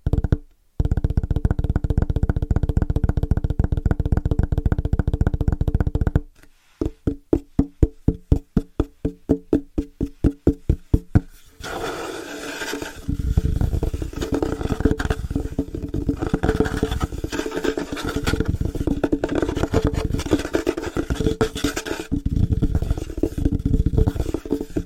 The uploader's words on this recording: ASMR Fast & Rhythmic Tapping On Different Surfaces (No Talking).